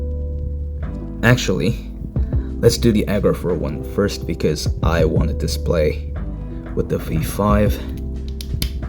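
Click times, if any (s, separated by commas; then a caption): 8.6 s. Someone talks over background music while a custom plastic head is pushed onto an action figure's neck peg. The head snaps into place with a sharp click at 8.6 s, seating securely on its own without any glue or tack.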